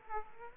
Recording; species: mosquito wingbeat signal from an infrared sensor; Aedes aegypti